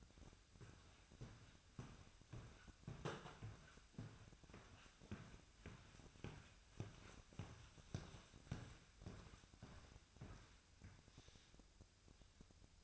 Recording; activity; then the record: daily activity, microphone in the room; walk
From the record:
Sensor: 2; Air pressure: 1001.5 hPa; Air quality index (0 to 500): 228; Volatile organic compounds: 26 ppm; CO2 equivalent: 2855 ppm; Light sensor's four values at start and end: 9/29/11/11 and 9/29/11/11